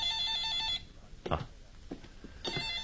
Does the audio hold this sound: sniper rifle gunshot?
no